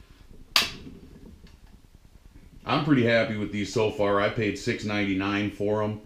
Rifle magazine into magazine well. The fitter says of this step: load up easily and see they just snap right in there